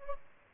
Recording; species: mosquito wingbeat signal from an infrared sensor; Aedes albopictus